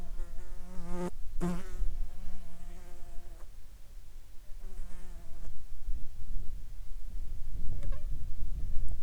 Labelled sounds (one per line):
insects